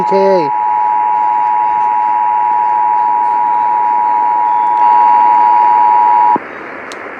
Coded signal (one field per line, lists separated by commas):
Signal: Emergency Alert System (SAME) tones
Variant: 853 and 960 Hz attention tone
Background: speech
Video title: Pennsylvania's RMT (EAS #4464-4470)